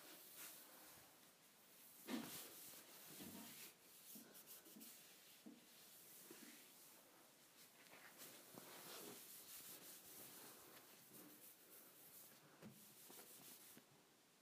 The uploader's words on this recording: ASMR Cleaning the Counter with a Wipe.